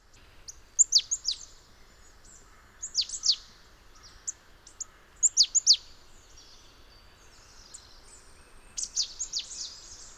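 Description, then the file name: Marsh tit calls: sharp, downslurred notes in quick pairs and triplets, given in irregular bursts, over faint background noise. "Poecile palustris"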